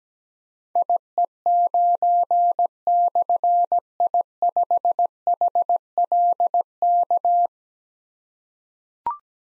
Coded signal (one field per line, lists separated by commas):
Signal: Morse code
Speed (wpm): 17 wpm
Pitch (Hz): 700 Hz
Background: none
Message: IE9/I5HLK